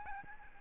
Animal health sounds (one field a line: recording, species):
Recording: mosquito wingbeat signal from an infrared sensor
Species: Aedes albopictus